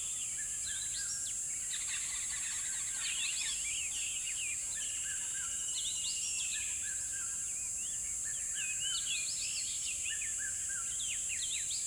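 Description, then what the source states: Lively bird chorus of sharp, high upswept chirps and trills, densely packed and overlapping, over a steady bright hiss. Birds chirping in a river bed at dawn, with chirping increasing.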